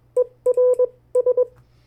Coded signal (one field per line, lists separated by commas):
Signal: Morse code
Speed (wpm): 21 wpm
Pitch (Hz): 500 Hz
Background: none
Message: ERS